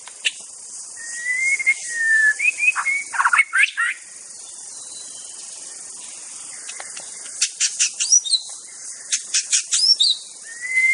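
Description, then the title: White-rumped shama song: a long clear whistled phrase near the start, then rapid varied notes and sharp clicks, a quiet middle, and another busy burst of chips and whistles. Wild bird recorded in its native forest. "Suara burung murai batu asli hutan"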